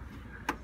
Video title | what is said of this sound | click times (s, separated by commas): 2020 Eagle 319M by Jayco | can be closed off as well, just like that. And it snaps in place. | 0.5 s